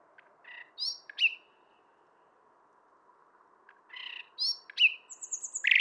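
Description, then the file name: Common nightingale song: two short phrases of buzzy notes and a clear whistle, separated by a pause of about two seconds. "Luscinia megarhynchos"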